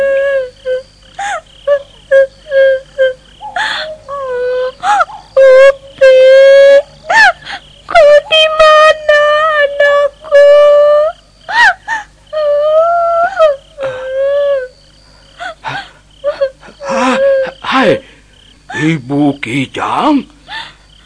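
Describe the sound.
At night in a dense forest, a voice cries and whimpers in repeated wavering bursts, the pitch sliding up and down in long wails broken by short sobbing catches, steady and fairly loud throughout.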